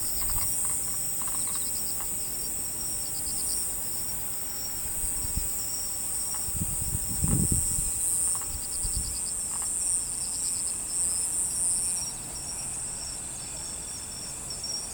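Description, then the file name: Crickets trilling steadily at high pitch, with pulsed chirp series and several low thumps or knocks in the background. "crikets"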